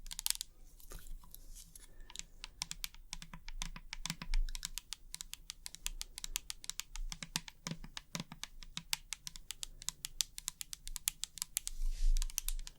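Quick, crisp taps, like fingers drumming or keys clicking, run throughout in dense, uneven bursts several times a second. Each tap is short and bright. A low steady hum sits underneath, with occasional soft thumps, and the taps grow busiest near the end.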